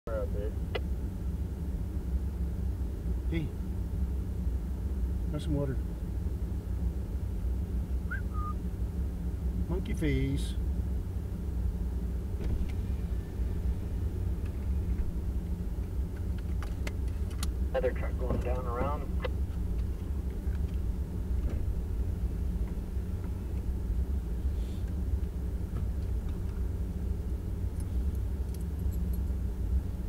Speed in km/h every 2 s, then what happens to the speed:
0, 0, 0, 0, 0, 0, 0, 0, 0, 0, 0, 0, 0, 0, 0.
0-30 standing.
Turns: none.